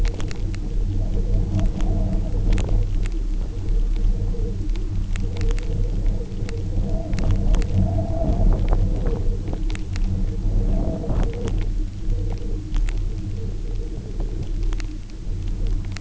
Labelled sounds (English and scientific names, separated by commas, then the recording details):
none
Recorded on Arctic tundra, site UTQI-0, on 27 June 2018
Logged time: 04:00